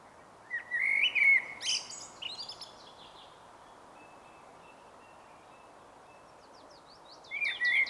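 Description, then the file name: Common blackbird giving one mellow warbled phrase with a high squeaky flourish, then a long quiet gap before another phrase starts near the end. "Turdus merula"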